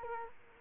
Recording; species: mosquito wingbeat signal from an infrared sensor; Culex quinquefasciatus